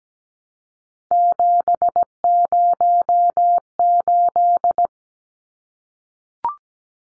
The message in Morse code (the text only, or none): 708